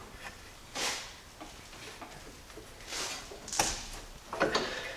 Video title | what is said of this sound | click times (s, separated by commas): Jeep 4.0 Harmonic Balancer Replacement | The bottom one, all we got to do is push it in till it clicks. | 3.6 s